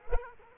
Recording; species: mosquito wingbeat signal from an infrared sensor; Culex quinquefasciatus